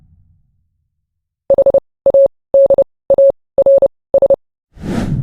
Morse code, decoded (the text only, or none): HADARS